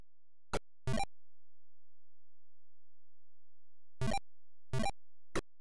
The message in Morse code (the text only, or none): none